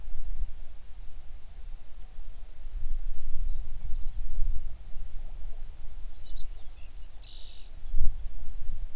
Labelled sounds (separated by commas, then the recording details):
songbird
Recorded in the Prudhoe Bay oil fields, Alaska, on 11 June 2019 at 05:11
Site 21